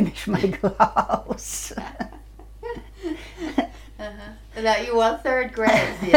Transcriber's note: she laughs